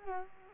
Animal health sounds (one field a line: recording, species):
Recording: mosquito wingbeat signal from an infrared sensor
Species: Culex quinquefasciatus